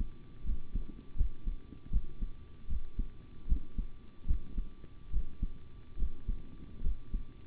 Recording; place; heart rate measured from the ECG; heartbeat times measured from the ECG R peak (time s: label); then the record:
heart sounds by stethoscope; between the tricuspid and mitral areas; 75 bpm
0.44 s: heartbeat
1.16 s: heartbeat
1.90 s: heartbeat
2.67 s: heartbeat
3.47 s: heartbeat
4.26 s: heartbeat
5.11 s: heartbeat
5.97 s: heartbeat
6.82 s: heartbeat
From the record:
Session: rest, sitting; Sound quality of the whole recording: good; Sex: male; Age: 25 years